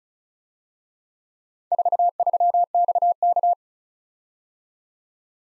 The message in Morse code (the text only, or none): 43XK